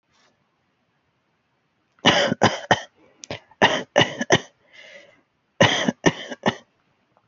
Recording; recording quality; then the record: shallow voluntary cough; excellent, no background noise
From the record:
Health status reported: healthy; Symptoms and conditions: none ticked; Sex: male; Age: 26 years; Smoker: not ticked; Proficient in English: yes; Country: Canada